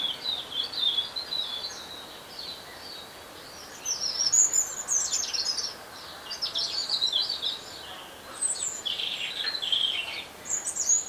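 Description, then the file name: European robin song: high, thin warbling phrases separated by short pauses, varied and slightly scratchy, over a light hiss. "Erithacus rubecula"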